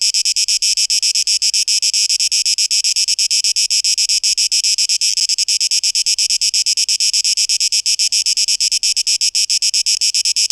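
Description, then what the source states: Cicada song: a harsh, high, hissing buzz pulsing rapidly and steadily throughout, with no other clear sounds. 12 August 2023.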